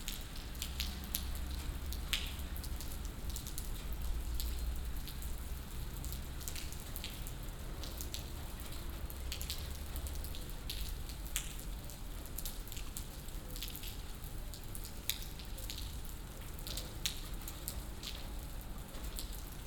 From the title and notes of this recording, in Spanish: Es un viaje sonoro que nos lleva a Sant Cugat, Riumors y Bayona. Sonido de la lluvia sobre las hojas de los árboles, sobre las plazas de las ciudades, sobre los claustros de las catedrales o sobre los paraguas.